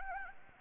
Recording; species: mosquito wingbeat signal from an infrared sensor; Anopheles gambiae